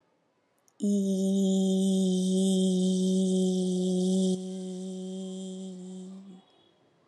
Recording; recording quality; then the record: sustained vowel as in beet; excellent, no background noise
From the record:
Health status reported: COVID-19 positive, moderate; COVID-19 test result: positive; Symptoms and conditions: cough, cold, fever, fatigue, muscle pain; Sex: female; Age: 49 years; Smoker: not ticked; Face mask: not worn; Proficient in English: yes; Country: India